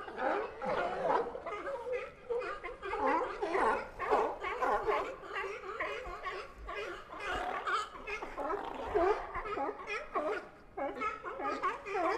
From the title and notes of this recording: Sea Lions at Pier 39. Listen to the loud sea lions fighting for their space on floating docks at Pier 39.